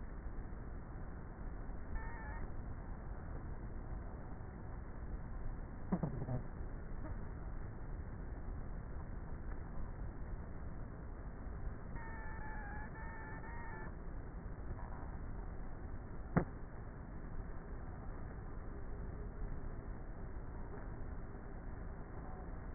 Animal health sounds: honeybee colony, microphone inside the hive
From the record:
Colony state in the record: queenless with a low population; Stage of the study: before two queens were removed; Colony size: about 30,000 bees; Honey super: no

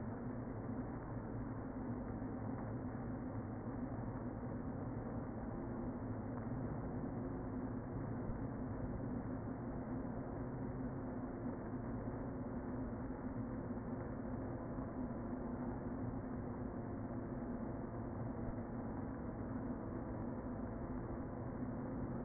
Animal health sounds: honeybee colony, microphone inside the hive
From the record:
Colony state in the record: queen present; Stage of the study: before two queens were removed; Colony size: about 60,000 bees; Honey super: yes

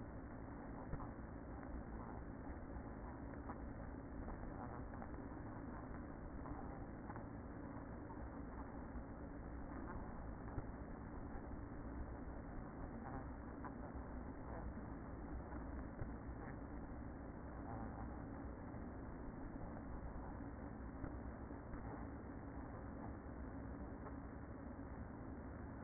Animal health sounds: honeybee colony, microphone inside the hive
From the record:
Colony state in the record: queen present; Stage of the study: after two queens were removed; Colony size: about 60,000 bees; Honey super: yes

